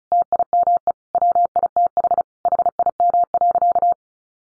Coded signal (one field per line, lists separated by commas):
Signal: Morse code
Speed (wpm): 34 wpm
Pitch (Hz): 700 Hz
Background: none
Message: TIME WITH HIM.